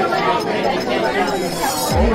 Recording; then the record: background sound without coughing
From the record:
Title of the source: Nightlife Party Simulating Party Club Noise 1 Hour